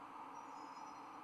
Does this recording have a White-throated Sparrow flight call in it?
no